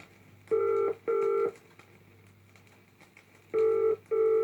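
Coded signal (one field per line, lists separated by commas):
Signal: telephone call progress tone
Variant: UK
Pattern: ringback tone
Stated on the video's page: Call progress tone from a 1968 GPO record about the post office telephone service.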